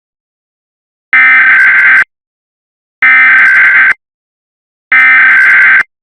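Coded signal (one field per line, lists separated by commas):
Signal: Emergency Alert System (SAME) tones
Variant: header bursts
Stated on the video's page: Fictional EAS scenario about exploding TVs, using valid EAS tones.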